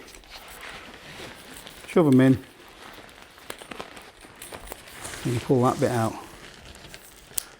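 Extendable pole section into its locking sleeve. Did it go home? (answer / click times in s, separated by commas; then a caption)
yes / 7.4 s. An extendable trekking/tent pole section is pulled out of its locking sleeve while someone talks, with faint crinkling and small ticks in between. At 7.4 s its push-button lock snaps into place with a sharp, loud, very short click, and the section is locked and seated.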